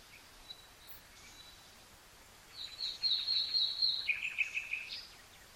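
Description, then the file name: Common nightingale song: after quiet, a fast run of high repeated notes, then a slightly lower rapid series of short notes, over faint steady background hiss. "Luscinia megarhynchos"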